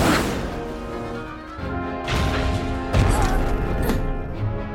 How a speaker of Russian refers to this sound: Астероид попадает в окно. Стекло трескается.